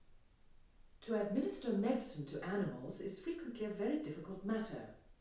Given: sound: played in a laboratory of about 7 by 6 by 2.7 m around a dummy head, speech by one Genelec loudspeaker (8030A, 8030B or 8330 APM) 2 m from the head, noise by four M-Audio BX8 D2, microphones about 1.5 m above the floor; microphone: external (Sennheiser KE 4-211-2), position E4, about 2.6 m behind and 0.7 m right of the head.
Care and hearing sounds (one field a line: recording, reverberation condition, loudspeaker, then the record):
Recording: female speech in English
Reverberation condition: medium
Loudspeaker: 30 degrees to the right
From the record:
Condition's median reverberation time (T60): about 510 ms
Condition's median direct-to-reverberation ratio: about -0.5 dB